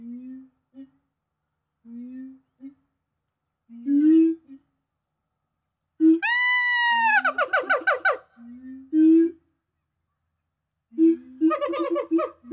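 Gibbon giving soft low hoots at intervals, then a long loud wail that rises and falls, followed by quick bubbling notes and more hooting.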